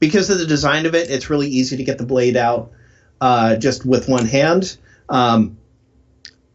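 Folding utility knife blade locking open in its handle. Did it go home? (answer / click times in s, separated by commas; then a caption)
yes / 6.2 s. Someone talks for most of the clip while the blade of a small folding utility knife is flicked open with one hand. The blade locks open in its handle with a single sharp click at 6.3 s.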